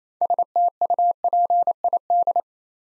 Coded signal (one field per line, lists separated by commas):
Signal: Morse code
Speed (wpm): 27 wpm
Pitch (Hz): 700 Hz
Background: none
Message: STUPID